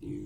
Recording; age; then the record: pig call; weaner (32 to 43 days)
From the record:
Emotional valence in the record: negative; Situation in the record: negative conditioning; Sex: female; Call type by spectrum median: low-frequency call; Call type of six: low-frequency stable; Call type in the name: low-frequency stable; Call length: 0.26 s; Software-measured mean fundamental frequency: 45 Hz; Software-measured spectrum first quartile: 155 Hz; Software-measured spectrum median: 270 Hz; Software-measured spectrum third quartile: 338 Hz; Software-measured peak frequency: 308 Hz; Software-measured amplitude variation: 107 dB a second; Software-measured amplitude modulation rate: 30.7 a second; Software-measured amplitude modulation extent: 3.5 dB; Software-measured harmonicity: 2.0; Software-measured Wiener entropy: 0.41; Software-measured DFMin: 1118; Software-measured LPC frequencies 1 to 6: 310, 2205, 3551, 6127, 6835, 7679 Hz